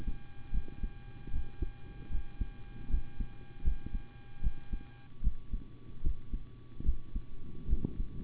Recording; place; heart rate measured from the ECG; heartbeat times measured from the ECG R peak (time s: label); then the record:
heart sounds by stethoscope; between the tricuspid and mitral areas; 75 bpm
0.52 s: heartbeat
1.31 s: heartbeat
2.10 s: heartbeat
2.89 s: heartbeat
3.63 s: heartbeat
4.41 s: heartbeat
5.22 s: heartbeat
6.02 s: heartbeat
6.84 s: heartbeat
7.68 s: heartbeat
From the record:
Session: rest, sitting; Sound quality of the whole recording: good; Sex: male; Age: 25 years